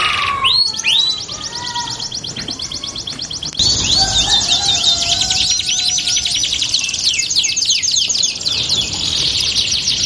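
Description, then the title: Canary song, a rising whistle opening into long rapid trills, then buzzy rolling phrases and slurred notes continuing to the end. Belgian canary song used to warm up and stimulate canaries to sing; said to make canaries respond and join in within seconds. "Canto Para Esquentar Canário Belga. LANGSUNG NYAUT. Pancingan suara kenari hitungan detik langsung ikut bunyi"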